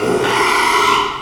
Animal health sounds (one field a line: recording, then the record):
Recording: squeal of a Yucatan mini pig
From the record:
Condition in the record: after surgery on the right vocal fold (resection and tissue-engineered implant)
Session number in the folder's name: 1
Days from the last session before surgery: 6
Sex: male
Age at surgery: 12 weeks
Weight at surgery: 13 kg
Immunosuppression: cyclosporine, prednisolone